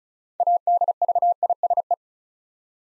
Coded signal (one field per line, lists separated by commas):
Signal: Morse code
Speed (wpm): 36 wpm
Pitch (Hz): 700 Hz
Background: none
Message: ADVISE